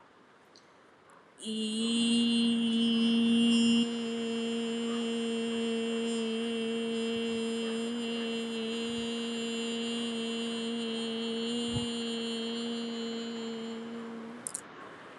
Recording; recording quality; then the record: sustained vowel as in beet; excellent, no background noise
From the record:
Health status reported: healthy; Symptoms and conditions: none ticked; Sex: female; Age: 28 years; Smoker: not ticked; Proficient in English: yes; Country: India